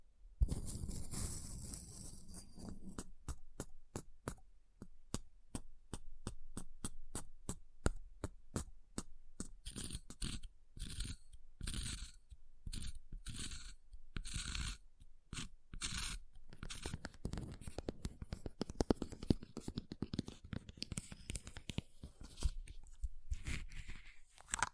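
Ice being tapped, scratched and carved, starting with a rough scraping burst and then settling into quick, fairly regular sharp ticks. Past the middle the strokes grow denser and more irregular, mixing crisp clicks with short raspy scrapes until the end.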